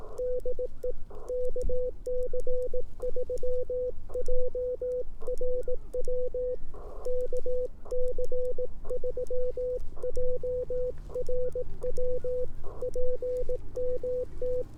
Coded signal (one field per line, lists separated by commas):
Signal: Morse code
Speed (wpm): 17 wpm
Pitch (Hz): 500 Hz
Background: none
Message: DE KC3JRW KC3JRW PMT